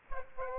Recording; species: mosquito wingbeat signal from an infrared sensor; Aedes aegypti